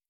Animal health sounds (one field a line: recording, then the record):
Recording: hydrophone in a shrimp aquaculture tank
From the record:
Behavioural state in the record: stressed